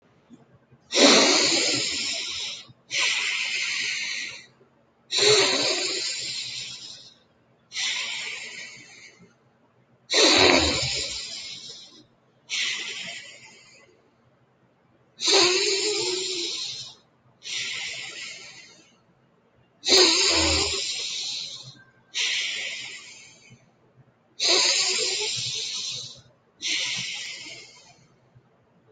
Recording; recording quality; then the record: deep breathing; excellent, no background noise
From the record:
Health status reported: healthy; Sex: male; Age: 28 years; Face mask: not worn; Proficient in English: yes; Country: India